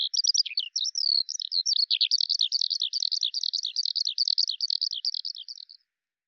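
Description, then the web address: Bird song, a fast continuous chatter of varied high chirps and twittering notes, clean and unbroken for nearly six seconds before stopping. "Deverinetal 2025 File cleaned normalized Bird Al Ar"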